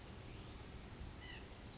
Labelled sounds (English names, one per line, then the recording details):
White-breasted Nuthatch
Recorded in Sonoma County, California